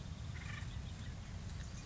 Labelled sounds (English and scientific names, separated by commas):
Acorn Woodpecker (Melanerpes formicivorus)